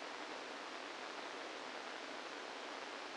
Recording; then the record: brain microelectrode recording played as sound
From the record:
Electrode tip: inside the subthalamic nucleus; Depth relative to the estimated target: -1 mm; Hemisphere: right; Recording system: NeuroSet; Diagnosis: Parkinson's disease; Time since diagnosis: 8 years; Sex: male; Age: 65 years